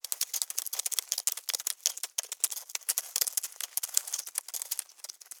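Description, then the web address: Insect walking: dense, dry scratchy clicks and rustles in irregular bursts, with short pauses between runs of tapping. Insect walking on dirt. "Blastwave INSECTS Insect Walk Dirt"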